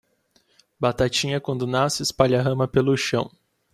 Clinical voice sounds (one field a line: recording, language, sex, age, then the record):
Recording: short text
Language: Brazilian Portuguese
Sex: male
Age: 20 to 29 years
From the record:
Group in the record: control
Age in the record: 24 years